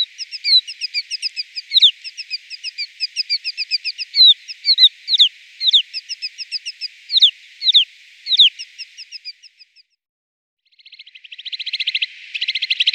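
Snowfinch calls: a fast, steady series of high chirps for about nine seconds, a short pause, then a dry, buzzy rattling sequence.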